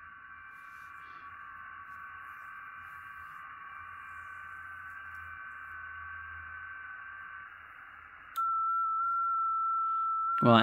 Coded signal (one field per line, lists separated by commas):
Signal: FT8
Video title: R1CBU Firmware (Fork) FT8 Transmit & Receive NO PC Needed